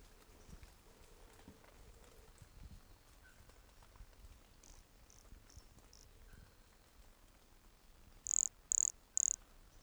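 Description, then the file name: Pumpkin toadlet call: three short, very high buzzy notes near the end, preceded by fainter similar notes and soft background hiss. Recorded at Entroncamento, Teba, in January 2020, 20 cm from the microphone. "Brachycephalus sulfuratus Entroncamento Teba 20 cm from microphone LFR JAN-2020"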